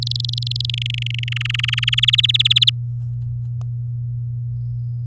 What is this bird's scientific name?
Serinus canaria